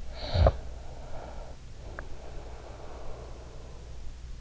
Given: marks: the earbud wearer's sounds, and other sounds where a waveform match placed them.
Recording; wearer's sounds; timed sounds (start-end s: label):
sounds in sleep by an in-ear microphone; snoring breath
0.13-4.00 s: snoring breath